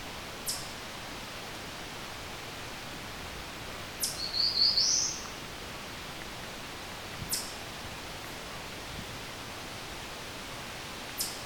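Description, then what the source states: Chipmunk chipping: sharp, high single chips spaced a few seconds apart, with a brief high bird chirp between them over steady background hiss. Chipmunk chipping in an open, partially old-growth area.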